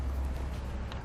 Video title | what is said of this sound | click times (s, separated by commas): etrailer - Yakima JetStream Crossbars Installation - 2016 Acura MDX | once we hear the click of our tool we'll know we have enough torque behind our bolts | 0.9 s